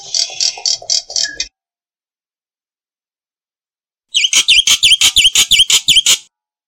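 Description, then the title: Black-winged myna giving a rattling chatter, then after a silence a fast, even run of sharp, twangy notes. "Jalak Putih"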